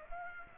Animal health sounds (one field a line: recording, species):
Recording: mosquito wingbeat signal from an infrared sensor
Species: Aedes aegypti